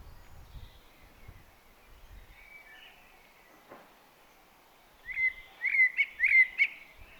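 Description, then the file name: Common blackbird: very soft warbling at first, then a loud short burst of fluted notes with squeaky high accents after five seconds. "Turdus merula"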